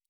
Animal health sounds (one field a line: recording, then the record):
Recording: hydrophone in a shrimp aquaculture tank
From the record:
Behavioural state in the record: normal